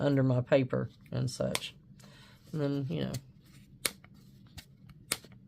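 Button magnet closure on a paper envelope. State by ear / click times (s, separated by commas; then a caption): seated / 3.9 s, 5.1 s. Small button magnets hidden under the paper of an envelope snap together, probably opened and closed twice. Someone talks first, then sharp clicks come at 3.9 s and 5.1 s, with fainter ticks between them, as the magnets seat.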